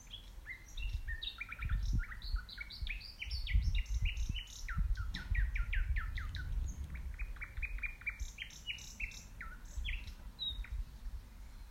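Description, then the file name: Common nightingale song: varied phrases of rapid rising whistled notes and sharp chirps, repeated in series, with low rumbling background noise throughout. "Luscinia megarhynchos"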